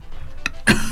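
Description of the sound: A single abrupt, harsh cough from an adult man, coming at the very end and preceded by a brief voiced catch. It is an isolated cough in a quiet indoor space that interrupts talk, with no wheeze or repeated fit; he has a cough today.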